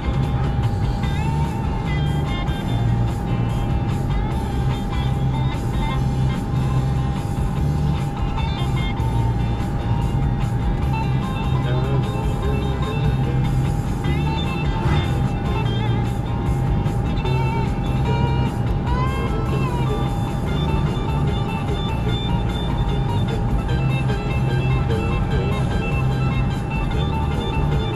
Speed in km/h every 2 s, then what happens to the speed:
97, 97, 97, 97, 97, 97, 95, 95, 95, 95, 97, 97, 95, 95.
0-28 steady at about 97.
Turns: none.